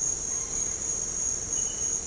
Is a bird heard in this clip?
no